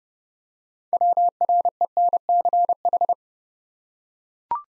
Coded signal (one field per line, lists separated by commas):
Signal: Morse code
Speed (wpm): 30 wpm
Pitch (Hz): 700 Hz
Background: none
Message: WRENCH